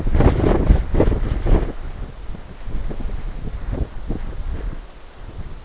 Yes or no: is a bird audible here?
no